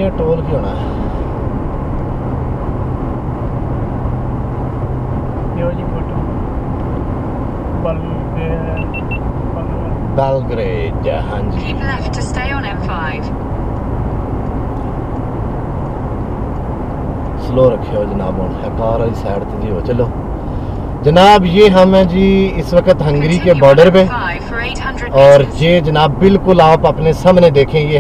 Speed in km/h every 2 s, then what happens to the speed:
116, 114, 113, 108, 106, 105, 101, 98, 95, 89, 87, 82, 77, 74.
0-28 slows to 74.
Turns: none.